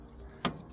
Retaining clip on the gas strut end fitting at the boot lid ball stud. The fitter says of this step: until it clicks and it's done